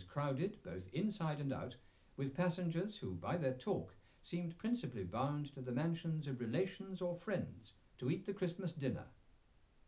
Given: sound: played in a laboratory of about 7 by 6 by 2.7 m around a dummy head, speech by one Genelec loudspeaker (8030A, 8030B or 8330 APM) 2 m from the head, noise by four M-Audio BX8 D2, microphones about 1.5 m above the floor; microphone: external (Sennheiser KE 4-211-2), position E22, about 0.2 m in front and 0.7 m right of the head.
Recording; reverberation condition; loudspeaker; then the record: male speech in English; low; 30 degrees to the right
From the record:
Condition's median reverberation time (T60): about 310 ms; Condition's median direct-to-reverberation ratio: about 3.5 dB